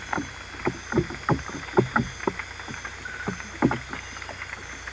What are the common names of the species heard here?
none